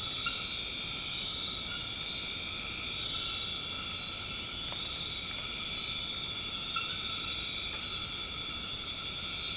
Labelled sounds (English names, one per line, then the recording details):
none
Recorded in dense forest near Puerto Asís, Putumayo, Colombia, on 24 March 2025 at 23:00
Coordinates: 0.485, -76.318
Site G056